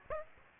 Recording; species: mosquito wingbeat signal from an infrared sensor; Aedes aegypti